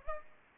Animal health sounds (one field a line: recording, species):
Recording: mosquito wingbeat signal from an infrared sensor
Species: Aedes aegypti